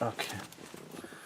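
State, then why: Not seated. A BMW airbag module is handled against its mounting clips while someone talks, with soft handling noises and no sharp snap. Nothing has seated or clicked yet, and the plastic retaining clip has not snapped home.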